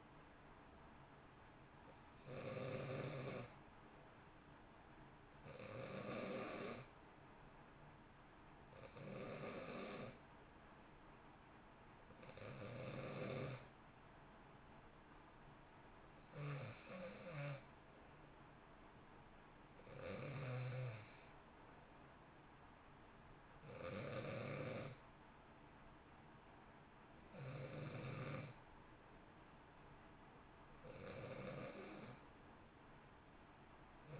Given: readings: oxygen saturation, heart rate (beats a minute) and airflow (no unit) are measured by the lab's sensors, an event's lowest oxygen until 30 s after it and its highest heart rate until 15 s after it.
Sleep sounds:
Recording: breathing in sleep by a voice recorder at the bedside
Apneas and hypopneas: none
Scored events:
none scored
From the record:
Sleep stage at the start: N2 (light sleep)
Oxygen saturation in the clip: 89 to 90%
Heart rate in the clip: 57 to 63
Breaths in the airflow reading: 9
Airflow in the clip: -1.1 to 1.6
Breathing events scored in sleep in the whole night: 328 in 6.3 hours asleep

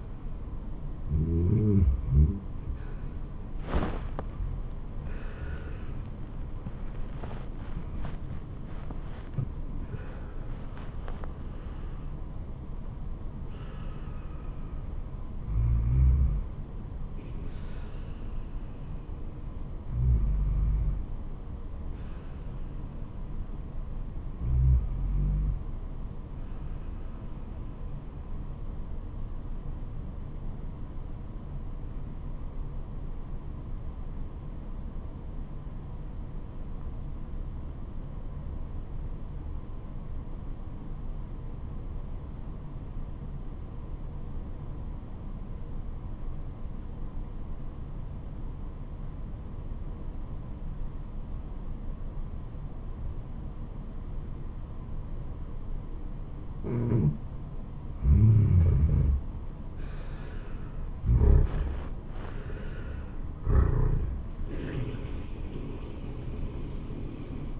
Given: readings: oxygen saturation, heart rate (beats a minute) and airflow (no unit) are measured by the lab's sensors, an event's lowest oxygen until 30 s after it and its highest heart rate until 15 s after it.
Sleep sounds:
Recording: breathing in sleep by a smartphone at the bedside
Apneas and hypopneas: 1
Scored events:
30.00-59.20 s: obstructive apnea (REM, oxygen 98% highest, then 85% lowest, heart rate 83 at the start, 86 highest)
From the record:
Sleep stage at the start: REM sleep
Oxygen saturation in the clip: 90 to 98%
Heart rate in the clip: 73 to 93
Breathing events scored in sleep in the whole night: 426 in 7.4 hours asleep

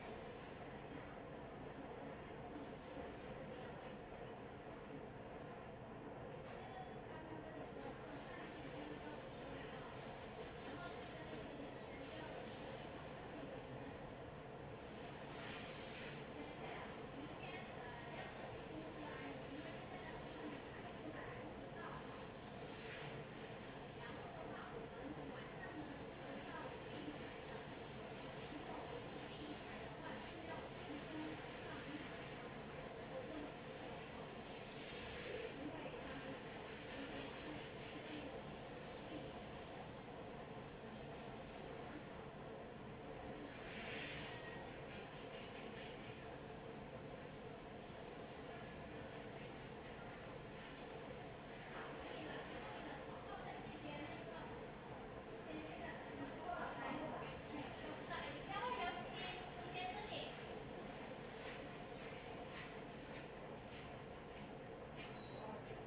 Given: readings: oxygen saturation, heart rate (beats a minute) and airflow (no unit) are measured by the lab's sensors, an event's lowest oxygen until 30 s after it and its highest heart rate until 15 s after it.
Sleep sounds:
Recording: a person awake in a sleep study, by a smartphone at the bedside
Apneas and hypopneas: none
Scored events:
0.00-65.87 s: awake
0.00-65.87 s: awake
From the record:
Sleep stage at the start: awake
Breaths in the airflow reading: 25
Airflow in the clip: -0.7 to 0.7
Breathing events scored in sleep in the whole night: 263 in 5.5 hours asleep

